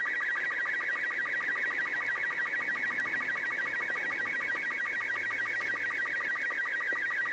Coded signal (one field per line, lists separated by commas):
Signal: SSTV (slow-scan television)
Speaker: I think I'm going to go for it and just send off a couple of pictures with CQ on it and just see if anything comes back.